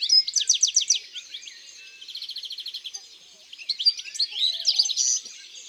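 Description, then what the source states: European greenfinch song starting with loud sweeping chirps, then a soft rapid trill and a closing flurry of twitters. In the countryside.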